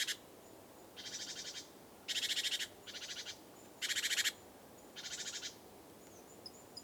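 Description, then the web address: Great tit scolding churrs: several buzzy rattling bursts of uneven length in quick succession, with a constant hiss behind them. "SETE Parus major"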